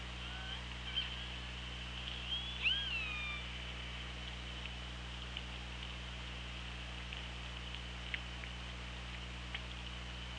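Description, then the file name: Killer whale calls: a pair of sweeping harmonic tones rising and falling near the third second, with scattered clicks and constant low underwater hum. Recorded on an OrcaLab hydrophone, 24 August 2017, at 17:06. "Orca Lab UTLN JASON 20170824 170644"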